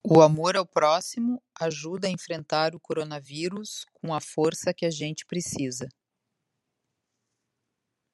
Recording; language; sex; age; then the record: spoken sentence; Brazilian Portuguese; female; 50 to 59 years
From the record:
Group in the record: control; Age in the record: 58 years